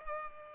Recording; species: mosquito wingbeat signal from an infrared sensor; Culex pipiens